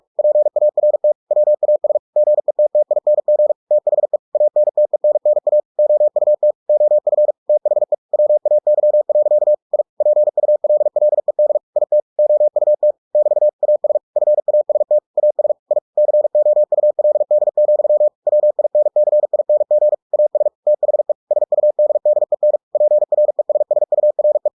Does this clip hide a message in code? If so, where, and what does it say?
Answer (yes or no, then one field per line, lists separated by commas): yes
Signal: Morse code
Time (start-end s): 0.2-24.5 s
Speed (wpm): 46 wpm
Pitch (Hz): 600 Hz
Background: none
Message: PART WAS GETTING THE ANTENNA OUT OF THE WAY. I PULLED IT OUT <BT> AS FAST AS I COULD, WINCING AS THE SUDDEN PRESSURE